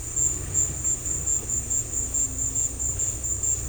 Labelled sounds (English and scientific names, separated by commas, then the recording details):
none
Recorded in dense forest near Puerto Asís, Putumayo, Colombia, on 16 December 2024 at 15:30
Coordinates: 0.467, -76.328
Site GP05